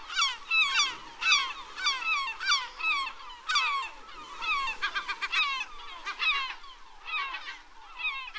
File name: Digiffects Sound Effects Library - Herring Gull Bird